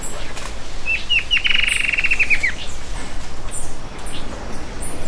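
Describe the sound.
Bird giving a quick run of high, sharply descending chirps, with low background rumble throughout.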